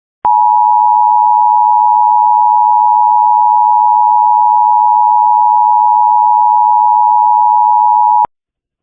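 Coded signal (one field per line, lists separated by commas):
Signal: Emergency Alert System (SAME) tones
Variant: 853 and 960 Hz attention tone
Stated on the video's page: Required monthly test alert tones, tied to an Ohio severe weather awareness event.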